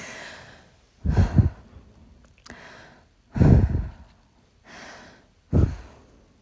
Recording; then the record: deep breathing after running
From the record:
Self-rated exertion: moderate exertion (3 of 6); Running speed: 6 miles an hour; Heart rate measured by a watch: 114 beats a minute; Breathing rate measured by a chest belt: 16 breaths a minute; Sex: female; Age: 18 years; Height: 167 cm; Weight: 50 kg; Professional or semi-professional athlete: no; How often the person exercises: 1 to 2 times a week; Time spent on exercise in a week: 1 to 2 hours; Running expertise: no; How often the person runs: 1 to 2 times a week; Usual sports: running, walking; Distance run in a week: 1 to 2 km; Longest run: 6 km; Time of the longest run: 34 minutes